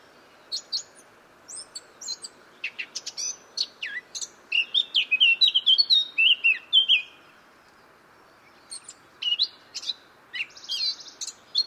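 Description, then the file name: Eurasian blackcap song: soft scratchy chattering notes building into a loud, fluty warbled phrase around the middle, then scattered twitters afterward. "Sylvia atricapilla"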